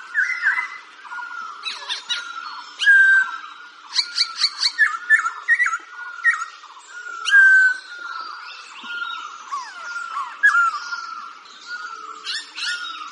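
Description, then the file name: Laughingthrush song: repeated clear whistles alternating with dry, rapid clicks and short harsh notes, continuing steadily throughout. "tieng chim khuou hot"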